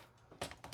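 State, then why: Seated. A plastic piece is snapped into the back of a Laser Optimus Prime Leader Class action figure. After a faint tap, a sharp plastic click at 0.4 seconds seats the piece, followed by a few quieter clicks and rattles. The piece friction-fits into the back and holds tightly.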